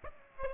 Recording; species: mosquito wingbeat signal from an infrared sensor; Aedes aegypti